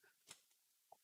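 A miter saw's head is tilted over on its bevel and locks into its 45-degree detent stop, with a sharp, bright click at 0.3 s. A fainter, shorter tick follows at 0.9 s, and the head is confirmed seated at 45 degrees.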